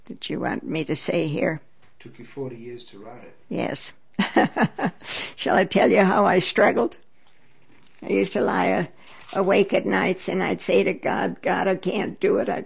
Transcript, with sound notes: you want me to say here?
It took you forty years to write it?
Yes. (She laughs.) Shall I tell you how I struggled? I used to lie awake at nights and I'd say to God, "God, I can't do it.